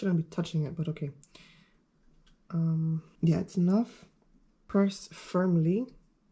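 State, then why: Not seated. A funnel lid is being pressed firmly onto a plastic saliva collection tube from a DNA kit while someone talks. The lid has not seated or clicked yet, so the stabilising liquid has not been released into the tube.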